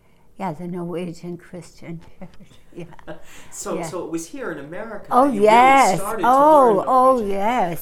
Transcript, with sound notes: Yeah, the Norwegian Christian Church, yeah. (they laugh)
So, so it was here in America that...
Oh, yes, oh, oh, yes!